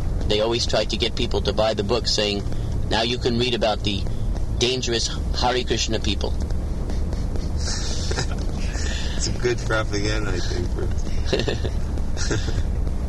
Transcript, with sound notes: They always try to get people to buy the book, saying "Now you can read about the dangerous Hare Kṛṣṇa people."
[laughs] It's a good propaganda, I think.